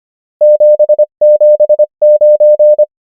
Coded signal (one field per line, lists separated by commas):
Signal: Morse code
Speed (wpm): 25 wpm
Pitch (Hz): 600 Hz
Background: none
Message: 7 7 9